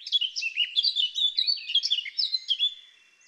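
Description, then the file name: Eurasian blackcap song: a continuous fast warble of bright, varied notes that softens and dies away in the final moments. "Sylvia atricapilla"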